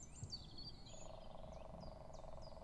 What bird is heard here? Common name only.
Common Chiffchaff